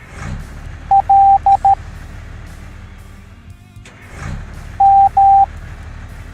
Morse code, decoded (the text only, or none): L M